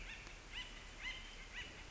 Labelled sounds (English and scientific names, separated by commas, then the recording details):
Acorn Woodpecker (Melanerpes formicivorus)
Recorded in Sonoma County, California